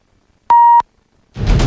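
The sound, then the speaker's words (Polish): The hourly time signal of Polish Radio Program Three (Trójka) marking 7 o'clock: a single steady electronic beep, mid-pitched and fairly loud, holds for about a third of a second after a brief quiet, then silence gives way to a dense, rumbling wash of sound. “Wybiła właśnie godzina 7.”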